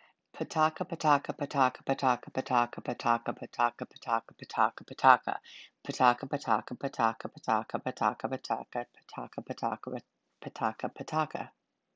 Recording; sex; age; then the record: repeated syllables /pa ta ka/; female; 50 to 59 years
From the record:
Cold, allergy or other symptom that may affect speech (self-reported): no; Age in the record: 54 years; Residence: United States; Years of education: 17